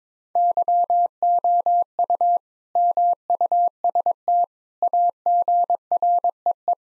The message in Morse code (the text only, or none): YOU MUST AGREE